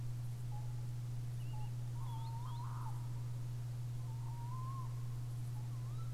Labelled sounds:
unidentified animal sound, Tawny Owl (Strix aluco), Green Sandpiper (Tringa ochropus)
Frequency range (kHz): Tawny Owl (Strix aluco) 0.8-4.1 kHz; Green Sandpiper (Tringa ochropus) 2.6-4.3 kHz
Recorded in France

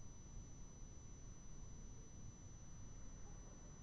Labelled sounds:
none
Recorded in France

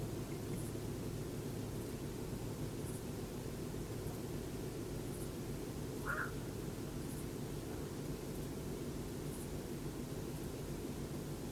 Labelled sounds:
Black-crowned Night-Heron (Nycticorax nycticorax)
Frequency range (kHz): Black-crowned Night-Heron (Nycticorax nycticorax) 0.9-2.0 kHz
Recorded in France

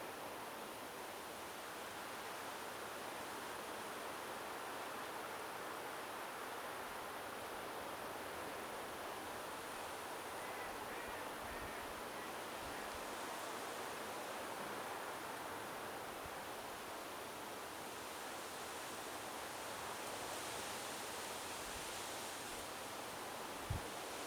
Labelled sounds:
Mallard (Anas platyrhynchos)
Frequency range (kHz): Mallard (Anas platyrhynchos) 1.5-2.7 kHz
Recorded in France

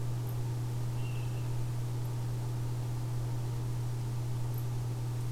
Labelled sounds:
unidentified animal sound, Water Rail (Rallus aquaticus)
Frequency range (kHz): Water Rail (Rallus aquaticus) 2.6-4.0 kHz
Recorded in France

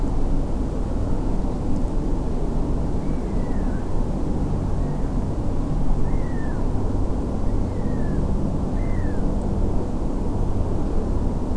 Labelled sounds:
Black-headed Gull (Chroicocephalus ridibundus)
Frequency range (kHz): Black-headed Gull (Chroicocephalus ridibundus) 1.4-2.5 kHz
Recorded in France

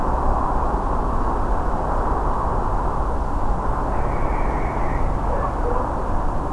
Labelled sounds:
Western Barn Owl (Tyto alba)
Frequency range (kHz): Western Barn Owl (Tyto alba) 1.8-2.5 kHz
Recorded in France

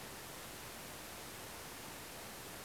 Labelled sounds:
none
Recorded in France

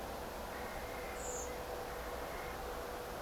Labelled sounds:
Carrion Crow (Corvus corone), Common Blackbird (Turdus merula)
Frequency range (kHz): Carrion Crow (Corvus corone) 1.5-2.7 kHz; Common Blackbird (Turdus merula) 6.3-8.6 kHz
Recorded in France

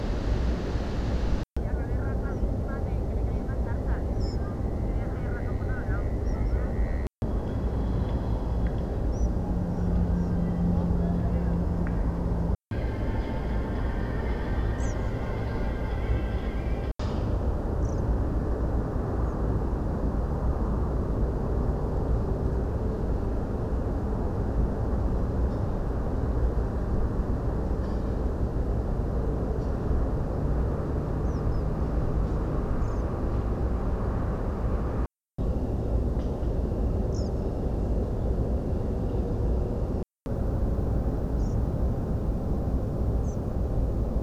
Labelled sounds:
unidentified bird, European Pied Flycatcher (Ficedula hypoleuca), Tree Pipit (Anthus trivialis)
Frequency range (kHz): unidentified bird 4.9-7.5 kHz; European Pied Flycatcher (Ficedula hypoleuca) 4.4-8.8 kHz
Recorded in France

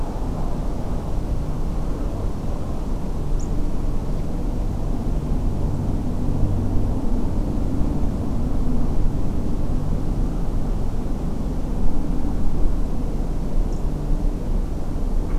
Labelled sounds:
Meadow Pipit (Anthus pratensis)
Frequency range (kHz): Meadow Pipit (Anthus pratensis) 5.1-8.4 kHz
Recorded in France

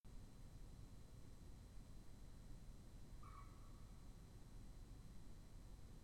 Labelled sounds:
man-made sound, Common Moorhen (Gallinula chloropus)
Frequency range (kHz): Common Moorhen (Gallinula chloropus) 0.9-2.7 kHz
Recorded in France

